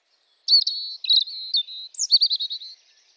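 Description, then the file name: European robin song with wavering silvery notes, a short pause, then a rising squeak followed by a quick run of repeated twittering notes. "Erithacus rubecula"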